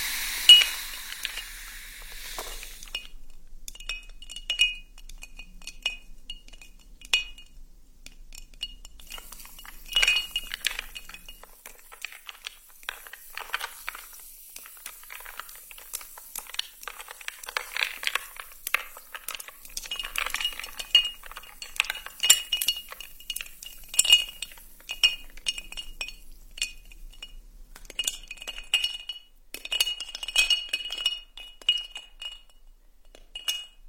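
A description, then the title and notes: Sparkling soda water opens with a brief rush of dense, bright hiss, then settles into a continuous crackle of tiny bubble pops, irregular, for the rest of the clip. A faint glassy ring sits steadily under the fizz, with occasional louder pops. The freshness of sparkling soda water.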